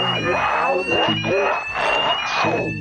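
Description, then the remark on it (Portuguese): A continuous shrill alarm tone holds one high pitch, rising very slightly, while voices talk over it the whole time. “Deu uns curtos e depois, de repente, você conseguiu ligar e começa a soar o alarme, começa a tocar aquele som super irritante.”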